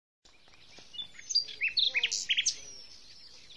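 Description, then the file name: Common nightingale delivering a short phrase of quick varied chirps and whistled notes, some rising, with a few lower tones and soft background noise. "Luscinia megarhynchos"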